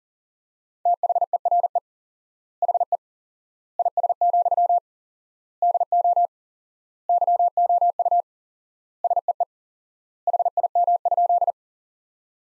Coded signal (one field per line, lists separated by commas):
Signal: Morse code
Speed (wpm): 40 wpm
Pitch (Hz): 700 Hz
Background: none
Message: THERE HE IS, DO YOU SEE HIM?